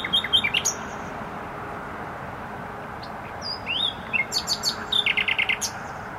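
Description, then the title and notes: Nightingale song: scattered whistled slurs and chirps building to a fast run of repeated notes, with constant traffic noise behind. Singing in bushes close to a noisy motorway, Trasa Toruńska, Bródno-Podgrodzie, Warsaw, Poland; recorded with an Olympus LS-11. "Bródno-Podgrodzie, Warszawa, Polska - Trasa Toruńska Nightingale. Recording nightingale singing in bushes close to noisy motorway"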